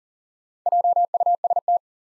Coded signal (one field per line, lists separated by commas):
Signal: Morse code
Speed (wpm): 40 wpm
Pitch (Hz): 700 Hz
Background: none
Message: JUST